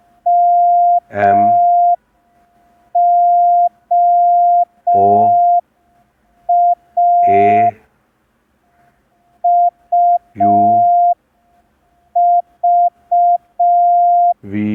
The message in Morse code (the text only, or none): MOA UV